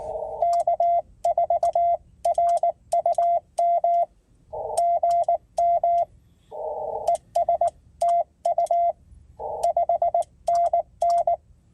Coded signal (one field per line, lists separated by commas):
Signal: Morse code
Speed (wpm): 19 wpm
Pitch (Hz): 680 Hz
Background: radio noise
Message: K4RUM GM ES TU 5NN